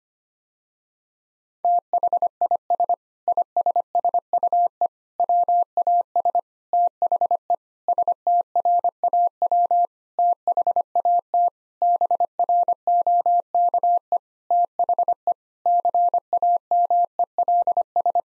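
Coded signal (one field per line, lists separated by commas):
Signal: Morse code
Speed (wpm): 25 wpm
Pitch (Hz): 700 Hz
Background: none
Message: THIS ISSUE WAS THE STRAW THAT BROKE THE CAMELS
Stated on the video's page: Morse code practice at 25 wpm: sentences built from common seven-word phrases, each sent, then spoken, then sent again, for head-copy training.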